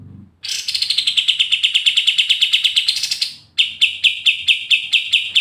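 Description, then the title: Pied triller song: a long, fast trill of sharp notes that starts higher and settles to a steady pitch for about three seconds, then slower, spaced notes. Energetic, persistent singing (gacor ngegas) in the brenciu style, used as masteran. "KAPAS TEMBAK GACOR NGEGAS BRENCIU"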